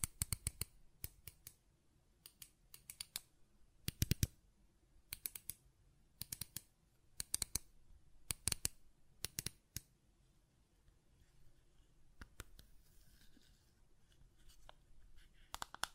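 A button is clicked and tapped repeatedly, each press a short, sharp snap, often in quick pairs or small clusters. The clicks come every second or so through most of the clip, with a brief pause near twelve seconds and a faint low hum underneath.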